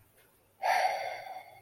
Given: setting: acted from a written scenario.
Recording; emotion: vocal sound without words; disappointment